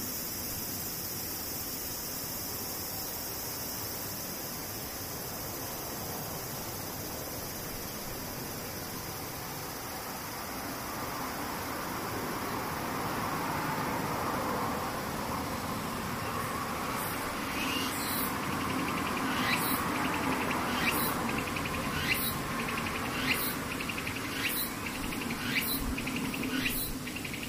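Cicadas drone in a steady, dense high buzz, joined after about seventeen seconds by sharp, bright pulses repeating roughly every second.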